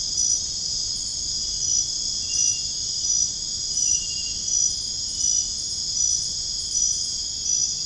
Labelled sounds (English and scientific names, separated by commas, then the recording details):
none
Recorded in dense forest near Puerto Asís, Putumayo, Colombia, on 22 June 2025 at 23:30
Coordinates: 0.481, -76.323
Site G072